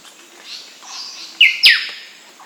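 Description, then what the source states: Bird calls: two sharp, loud notes in quick succession, the second sliding steeply downward, over a soft hiss. Recorded in Papua New Guinea.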